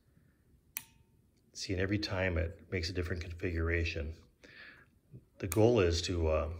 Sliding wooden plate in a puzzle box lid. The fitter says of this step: the movement is if it if you could slide it you can hear that pinguin it locks in place seeing